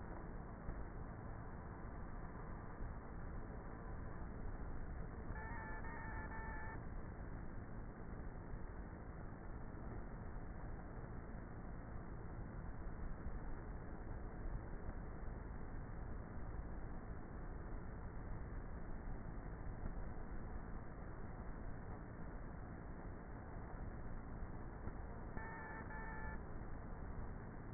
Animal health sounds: honeybee colony, microphone inside the hive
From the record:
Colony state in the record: queenless with a low population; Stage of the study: before two queens were removed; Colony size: about 30,000 bees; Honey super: no

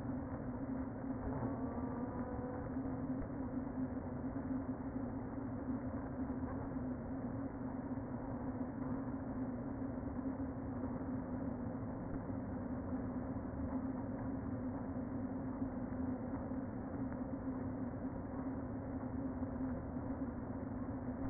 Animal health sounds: honeybee colony, microphone inside the hive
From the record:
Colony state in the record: queen present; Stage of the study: before two queens were removed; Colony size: about 60,000 bees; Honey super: yes

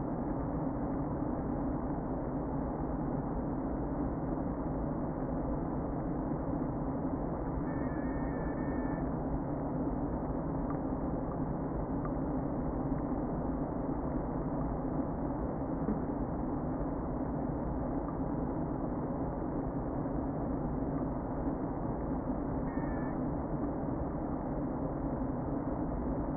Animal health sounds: honeybee colony, microphone inside the hive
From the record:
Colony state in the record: queen present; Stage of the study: before two queens were removed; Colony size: about 60,000 bees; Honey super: yes

